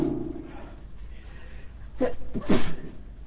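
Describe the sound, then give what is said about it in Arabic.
A listener with a head cold at a religious lesson lets out two abrupt, breathy snorts, a short one followed by a louder, longer sneeze-like burst, after a quiet stretch with a faint low voice at the start. “اشفيك الله بالعافية، هذا زكام ليس عطاس، زكام.”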